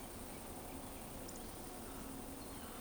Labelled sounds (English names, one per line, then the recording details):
Eurasian Woodcock whistle
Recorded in Baden-Württemberg, Germany, on 23 June 2020 at 19:52 UTC
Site 14569, 102 m above sea level